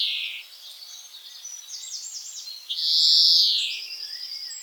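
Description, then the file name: European greenfinch calling: a short opening note, a quick run of soft trilled notes, then a loud, drawn-out buzzy wheeze, followed by faint thin high notes. "Chloris chloris"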